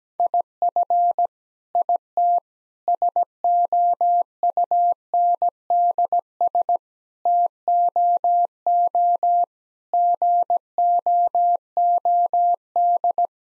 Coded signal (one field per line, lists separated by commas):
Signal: Morse code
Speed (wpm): 17 wpm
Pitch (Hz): 700 Hz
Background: none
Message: IF IT SOUNDS TOO GOOD